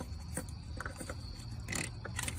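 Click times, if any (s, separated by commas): none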